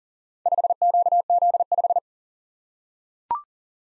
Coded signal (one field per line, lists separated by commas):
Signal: Morse code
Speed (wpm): 40 wpm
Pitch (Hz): 700 Hz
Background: none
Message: 5QZ5